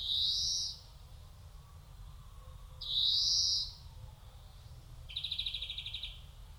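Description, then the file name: European greenfinch giving two drawn-out, rising buzzy wheezes, followed by a short rapid trill, over a low steady rumble. "Chloris chloris"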